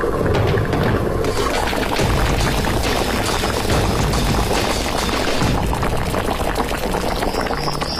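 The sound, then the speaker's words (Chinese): A pot of chicken broth simmers over low heat late at night, after three hours of cooking. It bubbles steadily, a dense, continuous gurgling and hiss of simmering liquid that holds at an even loudness throughout, with no voices. “深夜，锅中的鸡汤已经小火熬制了3个小时，”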